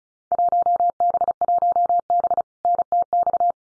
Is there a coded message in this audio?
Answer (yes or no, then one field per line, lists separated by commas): yes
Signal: Morse code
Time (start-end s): 0.3-3.5 s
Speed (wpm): 36 wpm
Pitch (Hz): 700 Hz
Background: none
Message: 1B1B NTX